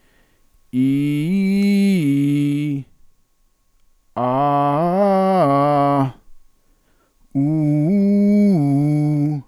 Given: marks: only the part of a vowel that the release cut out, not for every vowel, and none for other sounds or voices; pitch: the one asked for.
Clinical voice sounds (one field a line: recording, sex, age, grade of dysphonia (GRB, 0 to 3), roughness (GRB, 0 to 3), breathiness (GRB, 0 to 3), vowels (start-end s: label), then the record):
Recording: sustained vowels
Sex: male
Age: 40 to 49 years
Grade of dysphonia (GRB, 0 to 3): 0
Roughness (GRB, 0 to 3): 0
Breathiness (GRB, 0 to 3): 0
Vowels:
0.89-2.67 s: vowel /i/, low-high-low pitch
4.41-5.99 s: vowel /a/, low-high-low pitch
7.56-9.23 s: vowel /u/, low-high-low pitch
From the record:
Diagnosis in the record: healthy voice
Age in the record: 45 years